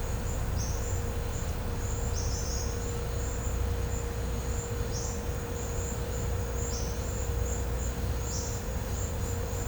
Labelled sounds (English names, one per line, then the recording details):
none
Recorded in pastures near Puerto Asís, Putumayo, Colombia, on 16 December 2024 at 12:00
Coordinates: 0.502, -76.324
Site G077